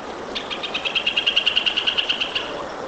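Hornero calling: a fast run of sharp, ringing notes that swells in loudness and then fades over about two seconds.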